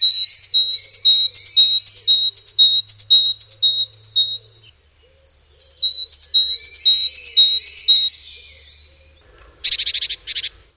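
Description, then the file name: Great tit singing alternating two-note phrases in long runs, pausing midway, then a brief harsh burst near the end; faint low hum underneath. "musvit"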